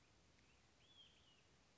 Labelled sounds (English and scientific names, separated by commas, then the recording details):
Olive-sided Flycatcher (Contopus cooperi)
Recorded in Sonoma County, California